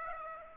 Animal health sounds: mosquito wingbeat signal from an infrared sensor; Aedes aegypti

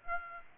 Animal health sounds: mosquito wingbeat signal from an infrared sensor; Aedes aegypti

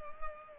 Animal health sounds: mosquito wingbeat signal from an infrared sensor; Culex pipiens

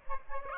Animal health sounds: mosquito wingbeat signal from an infrared sensor; Aedes aegypti

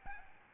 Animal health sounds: mosquito wingbeat signal from an infrared sensor; Aedes albopictus

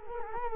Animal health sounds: mosquito wingbeat signal from an infrared sensor; Culex quinquefasciatus

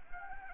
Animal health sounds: mosquito wingbeat signal from an infrared sensor; Anopheles gambiae

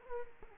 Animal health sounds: mosquito wingbeat signal from an infrared sensor; Culex quinquefasciatus

